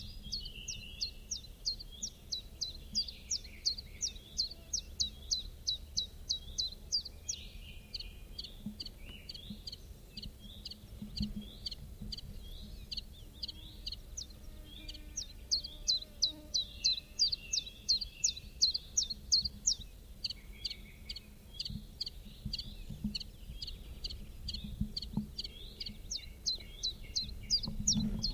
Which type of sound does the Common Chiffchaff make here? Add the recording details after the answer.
song. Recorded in the wild. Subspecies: collybita. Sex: male. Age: adult. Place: Ramsau, Bayern, DE. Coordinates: 47.6097, 12.8567. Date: 1964-05-31. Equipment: LGS26. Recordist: Faber, A. and Stumbrat